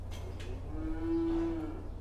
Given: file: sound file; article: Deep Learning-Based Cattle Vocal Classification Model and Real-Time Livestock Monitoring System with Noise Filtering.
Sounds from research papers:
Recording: cattle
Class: food anticipating call

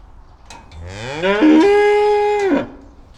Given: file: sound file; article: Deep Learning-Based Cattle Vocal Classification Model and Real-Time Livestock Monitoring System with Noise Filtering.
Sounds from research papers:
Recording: cattle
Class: estrus call

